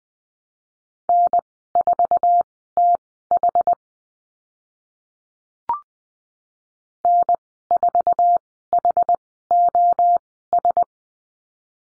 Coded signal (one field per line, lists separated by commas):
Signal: Morse code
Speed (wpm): 20 wpm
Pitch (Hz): 700 Hz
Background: none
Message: N4TH N4HOS